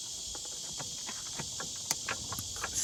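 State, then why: Seated. A fuel line quick-connect is pushed back onto the fuel fitting of a 15-20 HP Mercury outboard engine after the redesigned multi-function tiller handle is adjusted. Soft handling taps play over a steady high-pitched hiss, then a sharp snap rings out at 1.9 s. The connector is seated on the fitting.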